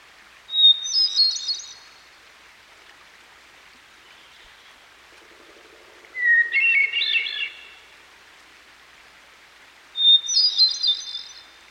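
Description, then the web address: Hermit thrush song: three flutey phrases, each opening on a pure held whistle before tumbling into ringing notes, alternating high and low pitch, over a steady rushing stream. By a stream. "Dan Gibson Songbirds By The Stream. Hermit Thrush"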